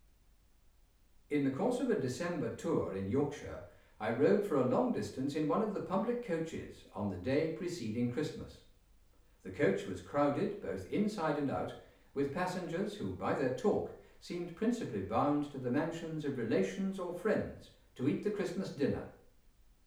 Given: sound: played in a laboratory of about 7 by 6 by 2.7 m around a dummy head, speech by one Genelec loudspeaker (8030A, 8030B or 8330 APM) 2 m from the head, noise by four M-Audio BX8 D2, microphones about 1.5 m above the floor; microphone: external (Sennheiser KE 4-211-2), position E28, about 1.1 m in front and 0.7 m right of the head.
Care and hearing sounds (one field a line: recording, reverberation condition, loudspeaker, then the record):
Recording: male speech in English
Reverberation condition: medium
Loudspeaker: 90 degrees to the left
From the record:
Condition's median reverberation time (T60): about 510 ms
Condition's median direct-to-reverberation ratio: about -0.5 dB